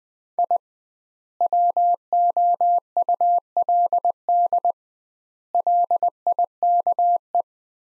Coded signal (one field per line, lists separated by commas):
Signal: Morse code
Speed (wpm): 20 wpm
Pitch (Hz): 700 Hz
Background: none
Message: I WOULD LIKE